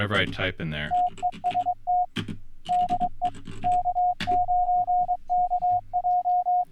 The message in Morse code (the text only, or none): TEST DE K9KJ